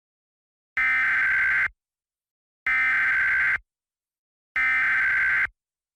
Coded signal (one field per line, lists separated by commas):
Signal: Emergency Alert System (SAME) tones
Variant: header bursts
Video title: Test of the EAS being played during TV Programming.